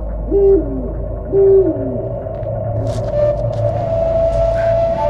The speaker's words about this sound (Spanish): Un búho la asusta.